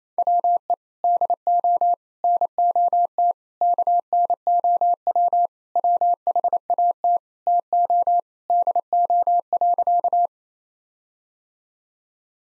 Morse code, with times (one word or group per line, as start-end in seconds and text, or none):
0.2-0.7 WE
1.0-1.9 DO
2.2-3.3 NOT
3.6-5.5 KNOW
5.8-7.2 WHAT
7.5-8.2 TO
8.5-10.3 DO.